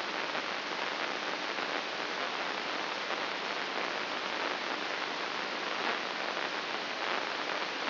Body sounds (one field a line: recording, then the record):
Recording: brain microelectrode recording played as sound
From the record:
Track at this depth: inside the subthalamic nucleus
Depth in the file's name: 4.585 mm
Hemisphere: left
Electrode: 2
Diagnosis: Parkinson's disease